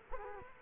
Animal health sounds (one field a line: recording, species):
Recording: mosquito wingbeat signal from an infrared sensor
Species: Culex quinquefasciatus